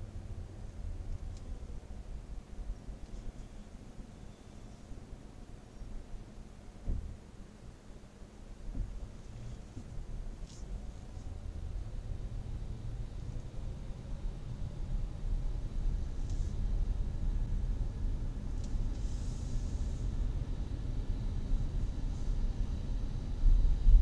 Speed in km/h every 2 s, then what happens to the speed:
4, 0, 0, 0, 0, 1, 15, 19, 22, 24, 23, 23.
2-10 standing. 10-17 pulls away to 24. 17-24 steady at about 23.